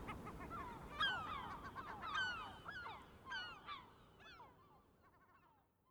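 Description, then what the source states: Gulls give a few loud, harsh downslurred cries over about four seconds, then the calling fades to faint chatter. Several gulls, recorded 23 May 2004.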